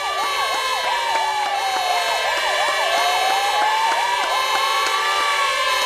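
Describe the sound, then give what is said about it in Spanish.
Several police and fire engine sirens in Spain wail together at the same evening hour, one sweeping rapidly up and down while another rises and falls more slowly, layered over a dense, steady roar of noise. “Las sirenas de los cuerpos de policía y de bomberos en España suenan a esta hora en todos sitios para agradecer a la población su comportamiento en esta crisis histórica.”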